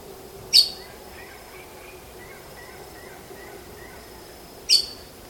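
Bird: two loud, sharp high chirps at start and end, with a soft series of short, faint notes in between.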